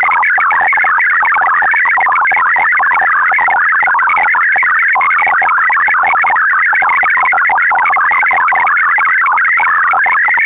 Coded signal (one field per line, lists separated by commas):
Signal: multi-tone FSK (Olivia or MFSK type)